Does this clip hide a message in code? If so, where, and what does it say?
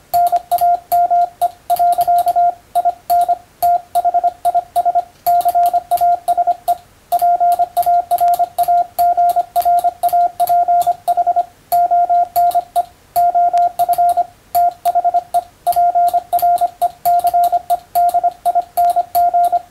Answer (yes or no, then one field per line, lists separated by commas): yes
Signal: Morse code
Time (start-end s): 0.1-19.6 s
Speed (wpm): 25 wpm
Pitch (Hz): 700 Hz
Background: radio noise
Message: NAME. IN THIS CASE PARAGRAPH ONE OF THE PRECEDING